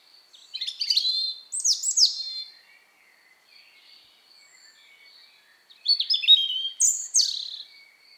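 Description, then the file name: European robin song in two phrase clusters of descending high whistles and quick trills, with a quiet gap between them. "Erithacus rubecula"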